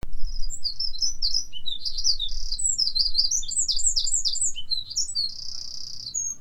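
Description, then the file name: Eurasian wren song: a rapid, loud, high-pitched stream of trills and sharp notes running continuously for about six seconds, ending in a buzzy rattle, over a low rumble. "Troglodytes troglodytes"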